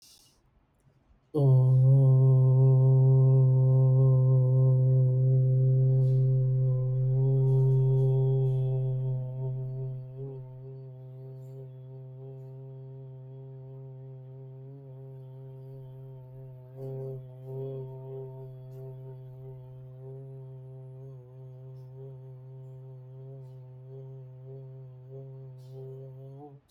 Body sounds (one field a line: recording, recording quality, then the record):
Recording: sustained vowel as in boot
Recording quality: excellent, no background noise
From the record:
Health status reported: respiratory illness, not identified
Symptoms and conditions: asthma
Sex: male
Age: 39 years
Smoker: not ticked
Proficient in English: yes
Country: India